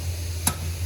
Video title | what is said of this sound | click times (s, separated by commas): 2025 FOREST RIVER RPOD 205-80 STK# 14006 | so that it sits nicely inside of there and clicks and locks into place. | 0.5 s